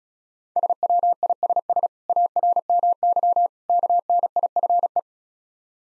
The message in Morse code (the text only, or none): SWISS ARMY KNIFE